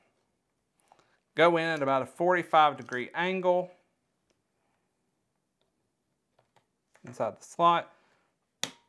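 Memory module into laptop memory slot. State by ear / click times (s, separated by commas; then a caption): seated / 8.6 s. A laptop SO-DIMM memory module is inserted at about a 45 degree angle into its memory slot, then pushed down until the side retention clips snap. Someone talks while small faint ticks are heard, and a single sharp, loud click at 8.6 s marks the module seating.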